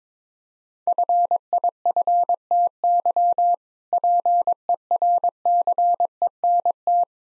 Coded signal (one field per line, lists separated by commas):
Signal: Morse code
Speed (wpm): 22 wpm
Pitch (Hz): 700 Hz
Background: none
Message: FIFTY PERCENT